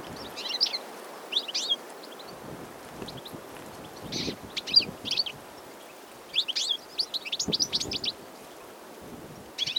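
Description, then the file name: European goldfinch calling, scattered high tinkling chirps and brief twittered runs spread throughout, with quiet stretches between bursts and faint low background rumble. "chardonneret elegant - carduelis carduelis"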